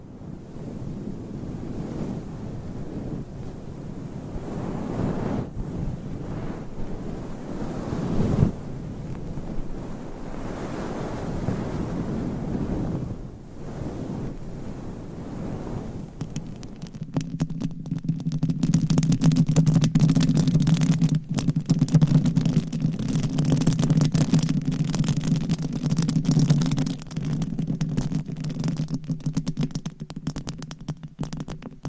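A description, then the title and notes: Nails scratch and rub against a microphone, first as soft, rushing swishes that rise and fall in slow strokes. Around seventeen seconds it turns louder and denser, a rapid crackling scrape over a steady low hum that continues to the end. ASMR Mic Scratching - Brain Scratching with 10 Mics Asmr No Talking for Sleep with Long Nails.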